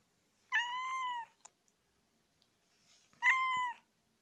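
Cat (kitten) giving two clear, high mews under three seconds apart, with a few faint clicks between them.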